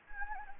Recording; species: mosquito wingbeat signal from an infrared sensor; Anopheles gambiae